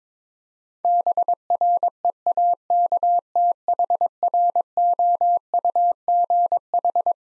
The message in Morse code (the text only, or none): BREAKTHROUGH